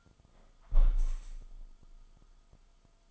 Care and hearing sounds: daily activity, microphone in the room; close window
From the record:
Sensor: 5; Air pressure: 1004.7 hPa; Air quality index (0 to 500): 86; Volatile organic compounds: 2 ppm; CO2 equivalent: 1032 ppm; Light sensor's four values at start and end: 34/80/32/31 and 34/80/32/31

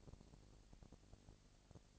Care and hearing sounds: daily activity, microphone in the room; no activity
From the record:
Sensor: 5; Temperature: 20.1 degrees Celsius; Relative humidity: 38.3%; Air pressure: 998.9 hPa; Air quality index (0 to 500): 218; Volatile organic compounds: 24 ppm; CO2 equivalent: 2807 ppm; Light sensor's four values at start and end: 2/3/1/1 and 2/3/1/1

